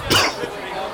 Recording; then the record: coughing mixed with background sound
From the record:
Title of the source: Coughing 60